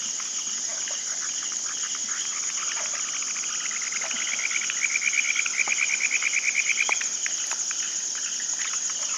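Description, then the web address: Frog call: fast pulsed trills near the middle, repeated in short runs, over a steady high hiss. "Frogs World"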